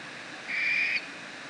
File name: Canto da Coruja Suindara